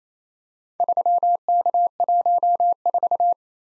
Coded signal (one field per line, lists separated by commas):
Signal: Morse code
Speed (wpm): 27 wpm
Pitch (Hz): 700 Hz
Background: none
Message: 3K14